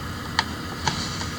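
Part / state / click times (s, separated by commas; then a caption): 4x5 film holder into large-format camera spring back / seated / 0.4 s. A 4x5 film holder is slid under the spring back of a wooden Tachihara 4x5 field camera. A sharp click at 0.4 s marks it locking into place, followed by a softer tick at about 0.9 s over a low steady background. The holder is seated.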